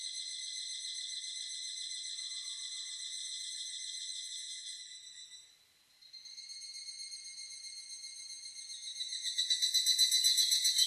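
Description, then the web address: Evening cicada song, a continuous high pulsed trill that fades briefly near the middle, then returns and builds to a louder ringing song at the end. Recorded on 4 July 2004. "2004 040704 higurasi"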